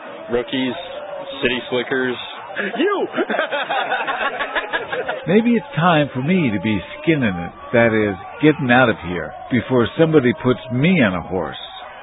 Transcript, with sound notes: "Rookies, city slickers -- you know... you! [Laughter] Maybe it's time for me to be skinnin' it -- that is, getting out of here -- before someone puts me on a horse.